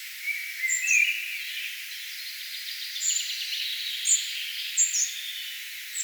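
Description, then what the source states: Spotted flycatcher giving scattered high, squeaky notes, while another bird whistles lower and a faint chorus of birds continues. Singing bird, recorded 4 June 2025.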